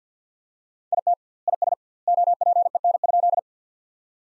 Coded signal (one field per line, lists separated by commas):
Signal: Morse code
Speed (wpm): 50 wpm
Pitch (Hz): 700 Hz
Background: none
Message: IT IS OPEN?